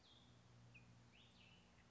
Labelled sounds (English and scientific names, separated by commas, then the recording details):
Cassin's Vireo (Vireo cassinii)
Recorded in Sonoma County, California